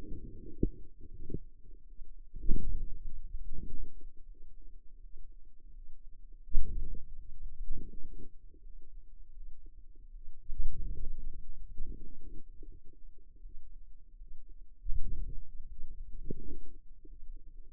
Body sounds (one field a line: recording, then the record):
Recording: forearm muscle sounds (acoustic myography)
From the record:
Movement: hand closing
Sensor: system 2, bracelet of six BSWA MPA416 microphones around the upper forearm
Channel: 3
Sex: female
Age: 23 years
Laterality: right